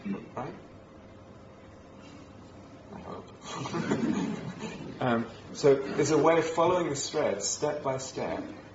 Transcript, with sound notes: right? I hope. [laughter] So there's a way of following this thread, step by step.